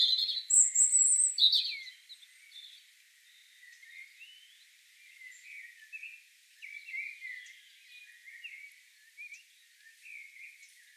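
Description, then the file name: European robin opening with a few loud, shrill notes, then trailing into quiet, scattered sliding twitters. "Erithacus rubecula"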